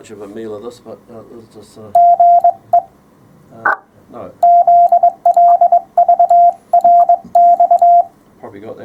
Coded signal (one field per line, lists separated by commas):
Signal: Morse code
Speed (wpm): 21 wpm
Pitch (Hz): 700 Hz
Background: speech, radio noise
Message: GE ZL VRX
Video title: 974. Morse Code part 2 of 3. 15m53s